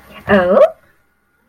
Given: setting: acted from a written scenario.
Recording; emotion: vocal sound without words; interest